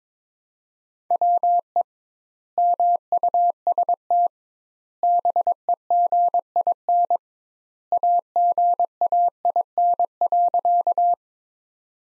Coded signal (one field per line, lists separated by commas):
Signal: Morse code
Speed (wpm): 22 wpm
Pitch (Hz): 700 Hz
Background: none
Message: WE MUST BEGIN AGAIN.